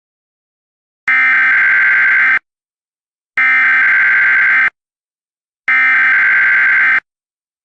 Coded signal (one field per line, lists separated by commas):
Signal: Emergency Alert System (SAME) tones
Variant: header bursts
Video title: Emergency Alert System By ThisIsNotATest